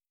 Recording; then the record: hydrophone in a shrimp aquaculture tank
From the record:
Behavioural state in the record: starved